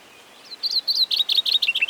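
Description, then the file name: Common chaffinch song: a few thin high notes, then a quick run of chirps stepping downward in pitch, cut short at the end. "Fringilla coelebs"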